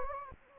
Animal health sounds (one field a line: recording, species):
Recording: mosquito wingbeat signal from an infrared sensor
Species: Anopheles gambiae